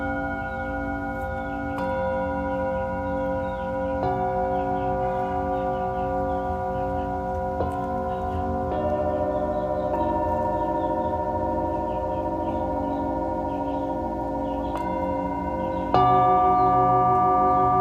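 Tibetan singing bowls ring in long, overlapping tones, with new strikes roughly every two to four seconds that layer fresh pitches over the fading ones. A low steady hum sits underneath, and faint high chirps flicker above. Near sixteen seconds a louder strike lifts the overall level.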